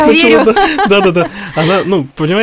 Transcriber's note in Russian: Смеется